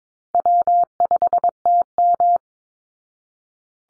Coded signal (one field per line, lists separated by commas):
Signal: Morse code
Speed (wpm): 22 wpm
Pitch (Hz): 700 Hz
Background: none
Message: W5TM